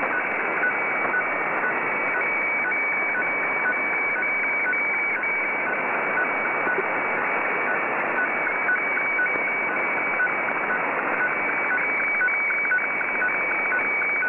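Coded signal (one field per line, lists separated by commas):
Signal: weather fax (radiofax)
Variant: 120 lines per minute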